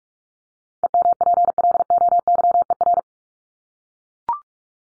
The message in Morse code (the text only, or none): EMPLOYER